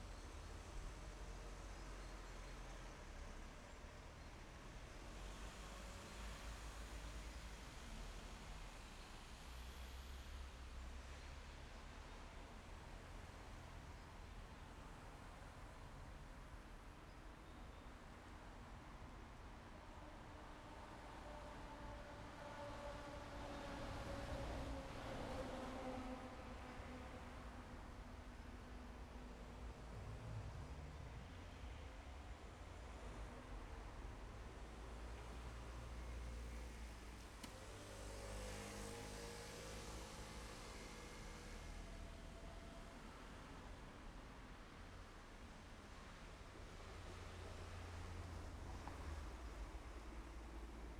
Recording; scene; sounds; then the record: everyday scene through a hearing-aid microphone; in traffic; traffic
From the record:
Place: main road on the outskirts, rush hour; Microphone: behind the ear, left, rear